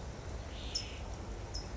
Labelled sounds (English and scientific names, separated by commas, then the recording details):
California Towhee (Melozone crissalis)
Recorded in Sonoma County, California